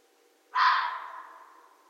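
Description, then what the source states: Red fox giving one loud, raspy bark-scream that cuts in suddenly and tapers off steadily, with a still background. Recorded 13 January 2012.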